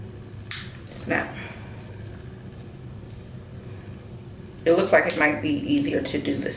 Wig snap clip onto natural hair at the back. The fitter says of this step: You want it to snap.